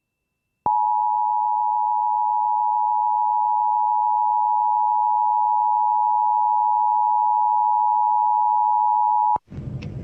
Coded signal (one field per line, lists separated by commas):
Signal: Emergency Alert System (SAME) tones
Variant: 853 and 960 Hz attention tone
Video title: [EAS #2435-#2451] Los Angeles & Nevada RMTs + KLOS & KLLI Auto RWTs